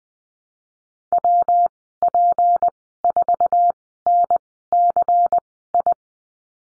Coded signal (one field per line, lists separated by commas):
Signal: Morse code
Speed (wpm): 20 wpm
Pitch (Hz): 700 Hz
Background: none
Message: WP4NCI